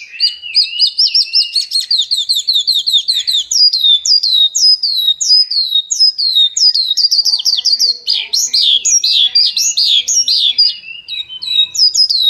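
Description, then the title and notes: Bird song, long run of high chirps and slurred whistles, denser and harsher in its later part. Birdsong for training pet birds. "Suara Burung. Suara Kicauan Burung untuk memaster burung kesayangan"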